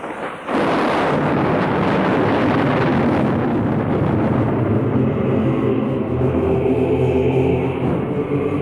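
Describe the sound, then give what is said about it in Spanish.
Distant thunder rolls in after a brief quiet start, a loud, deep, continuous rumble that churns and murmurs steadily for several seconds without breaking, as a storm fades and moves away. “Aquella música era el rumor distante del trueno que, desvanecida la tempestad, se alejaba murmurando.”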